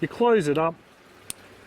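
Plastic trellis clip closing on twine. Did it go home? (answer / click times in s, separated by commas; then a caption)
yes / 1.3 s. Someone talks briefly, then a small plastic trellis clip is closed around garden twine that sits behind its little teeth. It snaps shut with a sharp click at 1.3 s. The clip is locked in place and does not move.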